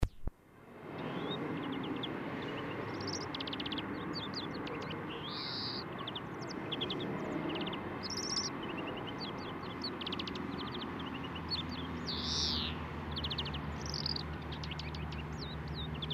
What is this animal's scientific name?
Chloris chloris